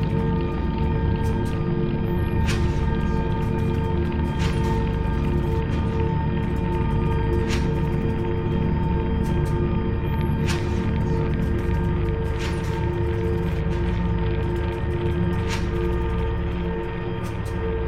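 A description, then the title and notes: A dense, static drone texture with a thick, rumbling low end and steady sustained tones layered above it. Level stays constant throughout. Brief bright clicks or ticks cut through every couple of seconds, around 2.5, 4.5, 7.5, 10.5, 12.5 and 15.5 seconds. Granulator Slices. Textures, drones, noise, stasis.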